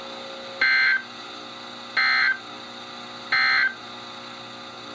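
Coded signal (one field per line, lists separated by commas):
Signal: Emergency Alert System (SAME) tones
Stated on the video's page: NOAA Weather Radio EAS tones from several transmitters, for severe thunderstorm, special marine, flash flood watch and flood warnings issued by Sterling, VA.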